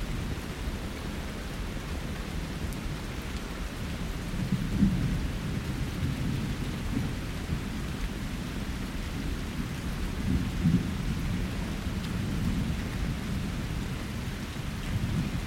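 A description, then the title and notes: Steady, dense rain hisses throughout while soft, low rumbles of distant thunder swell and fade, peaking around five and eleven seconds. DISTANT RAIN & THUNDERSTORM. Falling rain and gentle thunder in the distance.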